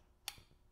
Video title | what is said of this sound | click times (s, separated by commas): Griots Garage NEW Boss G21 Polisher- Is The Redesign Polisher Better? | hear that click? | 0.3 s